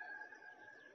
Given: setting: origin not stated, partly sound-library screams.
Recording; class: one-second piece from a danger detection set; woman in danger